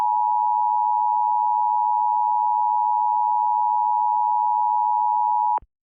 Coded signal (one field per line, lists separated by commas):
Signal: Emergency Alert System (SAME) tones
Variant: 853 and 960 Hz attention tone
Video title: EAS Mini Scenario: The Lava Storm. (Inspired by tmyk's "Acid Rain" EAS Scenario)